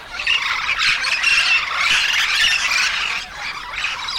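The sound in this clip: Yellow-shouldered parrots in a loud, sustained chorus of shrill, rasping squawks, easing off slightly near the end.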